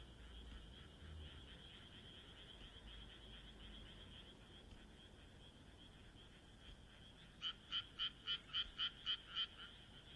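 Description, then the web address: Frogs croaking: a soft, steady chorus of rapid notes, then several loud, evenly spaced croaks near the end. "kaeru kaeru"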